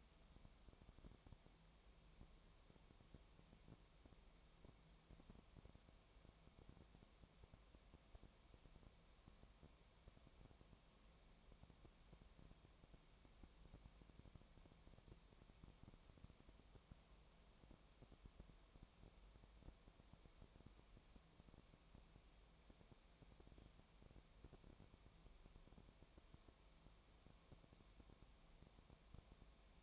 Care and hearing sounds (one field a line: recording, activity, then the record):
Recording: daily activity, microphone in the room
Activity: no activity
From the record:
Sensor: 1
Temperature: 19.4 degrees Celsius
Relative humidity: 35.7%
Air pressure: 1003.3 hPa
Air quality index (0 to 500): 113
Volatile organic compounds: 2 ppm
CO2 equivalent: 1263 ppm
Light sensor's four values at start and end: 1/2/1/1 and 1/2/1/1